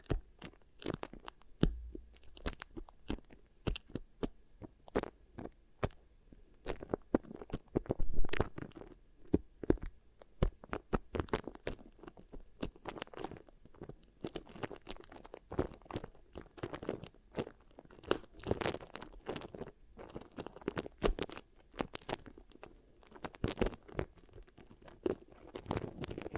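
Beeswax ear triggers: a busy run of soft sticky crackles, taps and rustles that pop and scrape with no pause. Bursts come irregularly, several per second, some louder pops around eight and twenty-one seconds, over a faint low hum.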